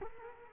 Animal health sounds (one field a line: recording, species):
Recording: mosquito wingbeat signal from an infrared sensor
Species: Culex quinquefasciatus